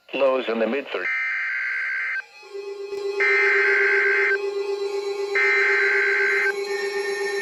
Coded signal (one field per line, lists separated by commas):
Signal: Emergency Alert System (SAME) tones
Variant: header bursts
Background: speech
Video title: Severe T-Storm Warning for Bienville, De Soto, Natchitoches, and Red River parishes. [EAS #1035]